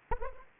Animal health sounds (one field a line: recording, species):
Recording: mosquito wingbeat signal from an infrared sensor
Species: Anopheles arabiensis